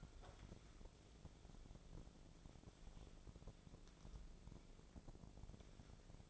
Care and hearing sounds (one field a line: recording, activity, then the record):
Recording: daily activity, microphone in the room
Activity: wipe stove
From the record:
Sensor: 5